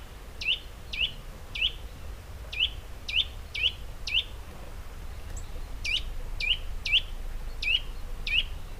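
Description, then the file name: Eurasian nuthatch calls: loud, sharp rising notes repeated roughly every half second, with a pause midway, over a steady low background rumble. "Sitta europaea"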